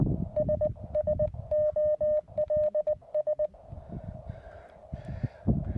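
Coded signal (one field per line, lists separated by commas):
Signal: Morse code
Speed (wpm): 18 wpm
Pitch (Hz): 610 Hz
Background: none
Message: SSOLS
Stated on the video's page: QRP CW on 20 m using a Weber MTR with a QRP-Guys tri-band vertical antenna.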